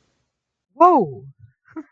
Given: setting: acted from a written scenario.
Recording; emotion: vocal sound without words; positive surprise